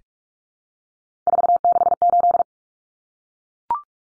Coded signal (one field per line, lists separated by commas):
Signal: Morse code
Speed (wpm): 44 wpm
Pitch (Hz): 700 Hz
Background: none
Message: 468